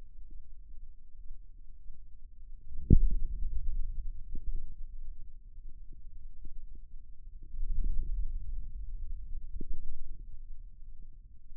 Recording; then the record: forearm muscle sounds (acoustic myography)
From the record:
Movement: radial deviation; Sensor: system 2, bracelet of six BSWA MPA416 microphones around the upper forearm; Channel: 2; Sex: male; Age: 22 years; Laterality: right